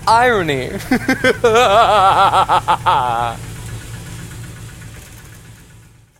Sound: laughter